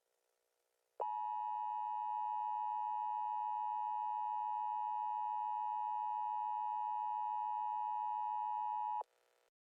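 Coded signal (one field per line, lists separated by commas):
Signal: Emergency Alert System (SAME) tones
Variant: 853 and 960 Hz attention tone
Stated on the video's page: Hypothetical, simulated EAS activation that never actually happened.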